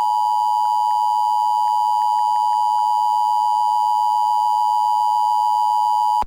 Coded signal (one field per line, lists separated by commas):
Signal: Emergency Alert System (SAME) tones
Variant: 853 and 960 Hz attention tone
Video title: EAS- CAP SD County RMT on KOGO-AM (7/1/26)